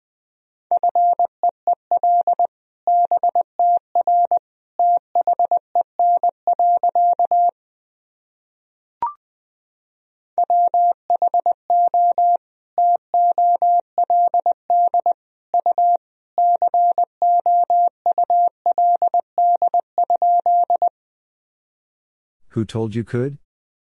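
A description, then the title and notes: Morse code beeps in a steady mid-pitched tone, short and long pulses grouped into words, run from the start to about 7 seconds and again from about 10 to 21 seconds. A single click falls in the gap near 9 seconds, and a brief rough burst closes the clip. First, the words and abbreviations are sent in Morse code. 20wpm.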